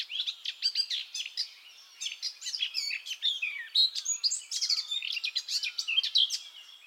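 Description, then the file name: Eurasian blackcap song: busy warble of sharp chirps and fluty whistles, with one short pause early on. "Sylvia atricapilla"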